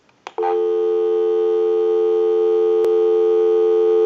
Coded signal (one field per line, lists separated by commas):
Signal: telephone call progress tone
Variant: North America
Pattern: dial tone